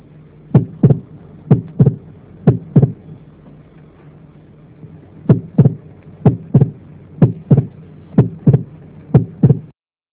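Sharp, crisp paired heart sounds at about 60 beats a minute in an adult heart, with a brief pause partway through. This is a mitral stenosis opening snap: a high-pitched early diastolic snap just after the second sound, made as a stiffened mitral valve abruptly opens.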